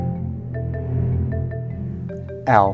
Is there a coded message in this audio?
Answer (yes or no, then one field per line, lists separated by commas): no